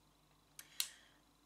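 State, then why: Seated. A lipstick cap with a magnetic closure is closed onto its lipstick case: a faint tick at 0.6 s is followed by a sharp magnetic click at 0.8 s as the cap snaps shut and seats. The click rings briefly and fades over a low steady background hum.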